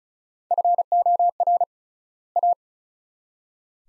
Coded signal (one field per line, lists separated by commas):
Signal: Morse code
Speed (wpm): 34 wpm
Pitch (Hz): 700 Hz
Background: none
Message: FOR A